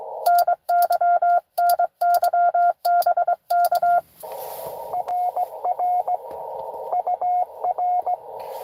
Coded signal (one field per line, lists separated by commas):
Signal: Morse code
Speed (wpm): 22 wpm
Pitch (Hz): 700 Hz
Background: radio noise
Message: NY NY BK RR UR